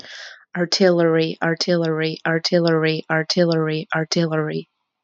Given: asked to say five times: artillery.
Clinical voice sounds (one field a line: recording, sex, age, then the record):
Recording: repeated word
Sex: female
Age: 30 to 39 years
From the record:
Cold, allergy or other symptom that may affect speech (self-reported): no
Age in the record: 31 years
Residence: Pennsylvania, United States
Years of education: 12